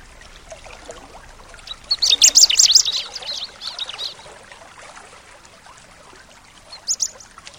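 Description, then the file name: Bar-winged Prinia: ciblek song: a loud burst of rapid, high, squeaky twitters lasting about two seconds, then a short chirp near the end, over soft water-like hiss. Nature-therapy sound for a ciblek that has stopped singing (macet). "terapi alam ciblek macet"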